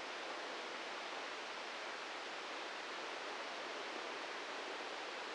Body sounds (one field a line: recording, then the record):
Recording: brain microelectrode recording played as sound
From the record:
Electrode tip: inside the subthalamic nucleus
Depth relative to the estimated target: 1 mm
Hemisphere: right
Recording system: NeuroSet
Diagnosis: Parkinson's disease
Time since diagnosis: 13 years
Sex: male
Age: 63 years